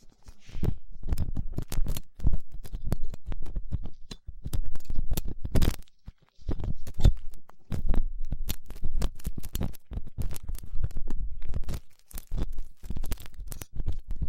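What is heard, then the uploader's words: Dense crackling and rubbing from latex gloves and ear-cleaning tools, with sharp ticks and brief pauses near two, four, and six seconds. ASMR 3Dio Ear Cleaning Latex Gloves, Dental Pick, Cotton Swabs (No Talking).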